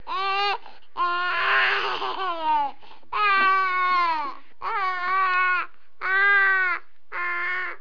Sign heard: Newborn baby crying.